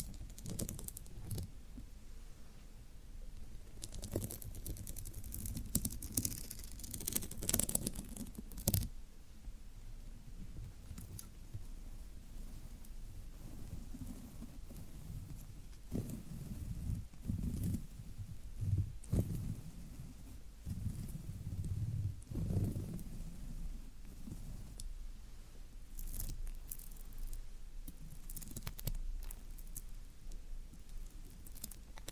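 Floral foam being handled, pressed and broken, giving crumbly, crunching sounds with dull thuds underneath. The crunches come in irregular clusters, busiest around five to nine seconds and again near twenty to twenty-three seconds, with quieter scraping and sharp crackly bursts between.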